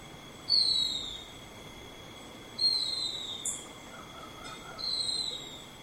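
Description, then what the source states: Silvereye calling with clear, high, downslurred whistles, three bursts about two seconds apart, a steady high tone running underneath. Subspecies vegetus.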